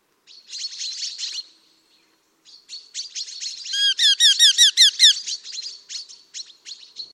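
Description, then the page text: Eurasian hobby uttering a loud run of sharp, slightly falling kew notes midway, set among softer buzzy, scratchy chattering before and after. "Patrik berg - Чеглок (Falco subbuteo)"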